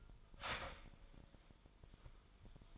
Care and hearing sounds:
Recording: daily activity, microphone in the room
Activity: start toaster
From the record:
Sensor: 5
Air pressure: 1002.1 hPa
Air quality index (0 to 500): 208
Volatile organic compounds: 20 ppm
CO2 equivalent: 2696 ppm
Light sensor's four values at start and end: 33/108/41/43 and 33/108/41/43

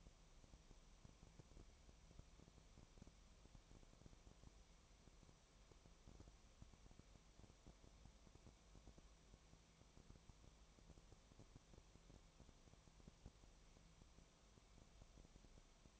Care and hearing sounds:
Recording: daily activity, microphone in the room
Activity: no activity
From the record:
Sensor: 1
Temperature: 19.4 degrees Celsius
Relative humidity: 35.7%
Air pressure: 1003.3 hPa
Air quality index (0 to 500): 112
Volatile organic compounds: 2 ppm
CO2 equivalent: 1252 ppm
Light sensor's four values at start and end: 1/2/1/1 and 1/2/1/1

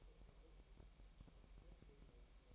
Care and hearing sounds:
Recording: daily activity, microphone in the room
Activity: take from stove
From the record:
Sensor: 1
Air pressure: 1002.0 hPa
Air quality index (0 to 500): 246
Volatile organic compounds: 51 ppm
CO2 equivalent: 3304 ppm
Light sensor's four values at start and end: 5/13/5/6 and 5/13/5/6

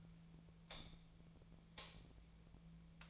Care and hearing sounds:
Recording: daily activity, microphone in the room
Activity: light off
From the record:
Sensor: 1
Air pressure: 1009.9 hPa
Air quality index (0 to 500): 189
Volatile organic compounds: 17 ppm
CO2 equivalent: 2588 ppm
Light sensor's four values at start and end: 46/128/53/61 and 37/94/39/48

